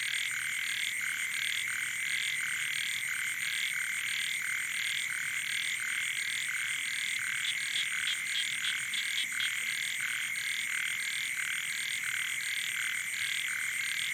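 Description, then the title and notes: Frogs and toads: many frogs croaking together in a continuous pulsing chorus, steady and dense throughout, with a persistent shrill drone above. Wild night chorus on the shore of Boeng Thum lake, Cambodia, around 23:00 on 12 December 2018, as human noise fades. "Soirée aux batraciens - Cambodge. 12 décembre 2018 Sur le bord du lac "Boeng Thum" vers 23h00 au moment ou le silence des hommes laisse place au monde sauvage"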